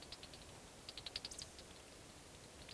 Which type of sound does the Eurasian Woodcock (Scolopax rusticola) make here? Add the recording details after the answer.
whistle. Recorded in Baden-Württemberg, Germany, on 11 June 2020 at 20:13 UTC. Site 41501, 195 m above sea level